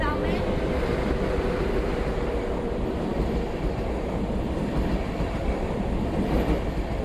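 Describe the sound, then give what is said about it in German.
Trains stopping and departing at a platform of a railway station in the middle of a city, with a loud, steady low rumble of wheels and machinery that fills the whole stretch, faint whining tones showing through early on. “Züge halten und fahren weiter.”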